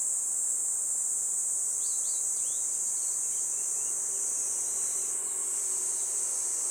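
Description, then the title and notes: Kaempfer cicada chorus as a steady high buzz, with a short series of sliding bird chirps around two seconds. Chorus of Kaempfer cicadas that had just begun singing in a forest by the Tama River in summer, with birds also singing. "多摩川の森、ニイニイゼミたちの合唱"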